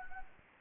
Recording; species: mosquito wingbeat signal from an infrared sensor; Anopheles gambiae